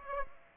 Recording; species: mosquito wingbeat signal from an infrared sensor; Aedes aegypti